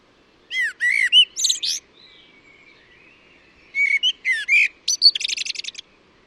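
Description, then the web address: Bird calling in two loud bursts of chirped notes; the second burst ends in a fast trill. "cianscape birddata Deverinetal 2025 Bird Only Tu Me Tu Me"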